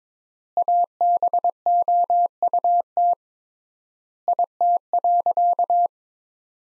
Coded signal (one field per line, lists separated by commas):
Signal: Morse code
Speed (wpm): 21 wpm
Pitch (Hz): 700 Hz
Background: none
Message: ABOUT IT.